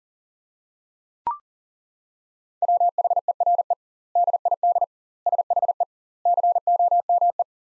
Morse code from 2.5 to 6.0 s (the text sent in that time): WHERE DID SHE